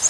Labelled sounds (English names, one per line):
Bay-breasted Warbler flight call